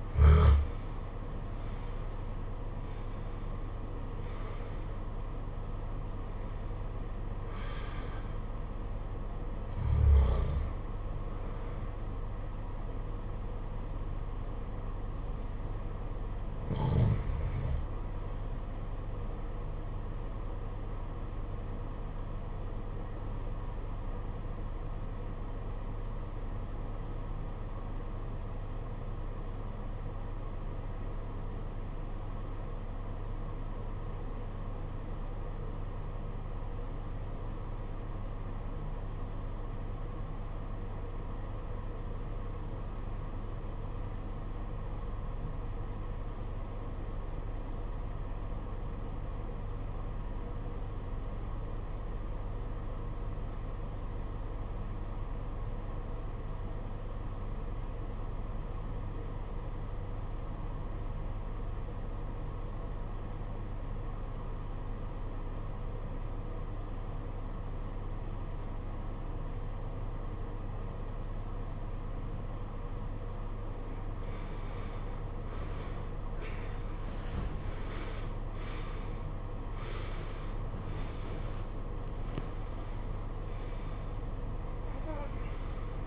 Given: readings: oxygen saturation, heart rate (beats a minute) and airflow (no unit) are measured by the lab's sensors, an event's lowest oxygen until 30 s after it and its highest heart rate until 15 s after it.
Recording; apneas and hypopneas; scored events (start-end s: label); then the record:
breathing in sleep by a smartphone at the bedside; 1
21.00-74.40 s: obstructive apnea (REM, oxygen 95% highest, then 67% lowest, heart rate 59 at the start, 92 highest)
From the record:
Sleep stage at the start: REM sleep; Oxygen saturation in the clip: 68 to 95%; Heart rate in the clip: 54 to 92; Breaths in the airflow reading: 10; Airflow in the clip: -15.9 to 17.9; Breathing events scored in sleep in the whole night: 476 in 9.7 hours asleep